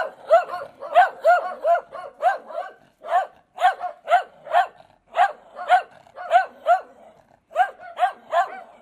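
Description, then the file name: Hound barking in a steady run of short, harmonic, baying barks, about two per second with brief pauses, and no other clear sounds. "foul hounds"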